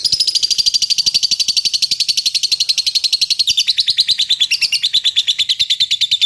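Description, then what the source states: Bird song: a steady, fast chatter of high chirps, gently sliding lower in pitch after the midpoint. Masteran training recording used to teach songbirds.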